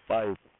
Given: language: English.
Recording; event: throat vibration sensor signal played as sound; speech